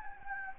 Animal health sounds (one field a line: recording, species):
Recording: mosquito wingbeat signal from an infrared sensor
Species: Anopheles gambiae